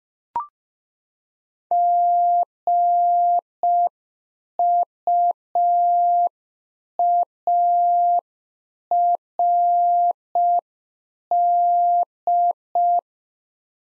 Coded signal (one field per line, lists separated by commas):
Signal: Morse code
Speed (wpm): 5 wpm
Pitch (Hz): 700 Hz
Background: none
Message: GUARD